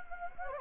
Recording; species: mosquito wingbeat signal from an infrared sensor; Anopheles gambiae